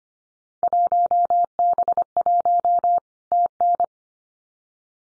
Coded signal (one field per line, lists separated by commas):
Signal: Morse code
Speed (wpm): 25 wpm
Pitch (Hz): 700 Hz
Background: none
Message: 1B1 TN